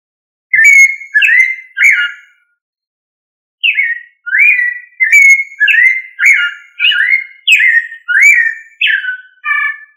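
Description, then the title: Thrush song of fluty slurred whistles, a few opening phrases, a pause of about a second, then a series of varied phrases. "Familia Turdidae - Sabia"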